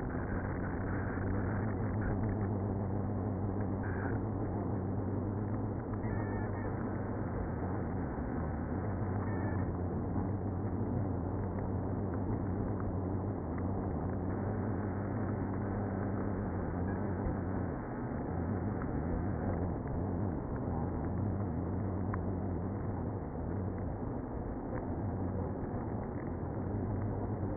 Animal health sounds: honeybee colony, microphone inside the hive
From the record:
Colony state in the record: queenless (queen removed); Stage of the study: after two queens were removed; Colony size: about 60,000 bees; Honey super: yes

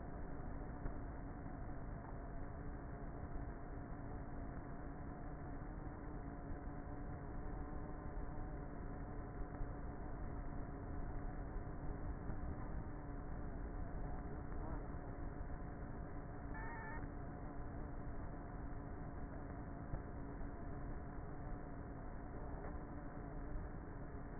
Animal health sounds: honeybee colony, microphone inside the hive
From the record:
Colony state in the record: queenless with a low population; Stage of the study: before two queens were removed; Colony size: about 30,000 bees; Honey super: no

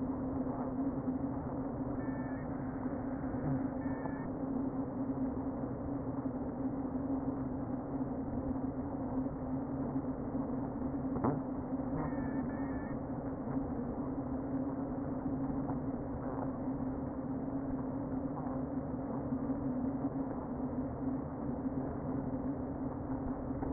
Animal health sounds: honeybee colony, microphone inside the hive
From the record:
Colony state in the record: queen present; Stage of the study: before two queens were removed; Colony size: about 60,000 bees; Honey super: yes

